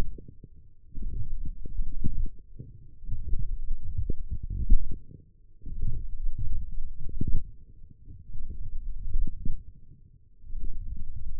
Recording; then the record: forearm muscle sounds (acoustic myography)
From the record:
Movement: forearm supination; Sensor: system 1, eight BSWA MPA416 microphones around the upper forearm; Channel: 8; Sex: male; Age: 20 years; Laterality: left